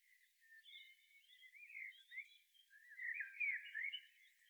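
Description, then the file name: Common blackbird, a soft run of thin, wavering warbled notes that grow louder near the end, over a faint hiss. "Turdus merula"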